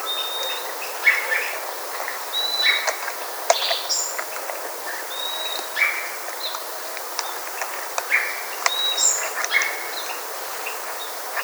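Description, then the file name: Bird calls: short high whistles and sharp chirps scattered irregularly throughout, over a steady hiss. "SABIOD 50 bird 2015"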